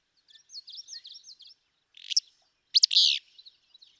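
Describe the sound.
Willow flycatcher song: a sneezy note and then a loud, sharp, burry phrase near the end, preceded by another bird's thin, repeated twittering notes.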